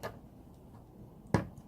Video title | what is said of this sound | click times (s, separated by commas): Rampe hélicoïdale en N - version clipsée | C'est clipsé, voilà. | 1.3 s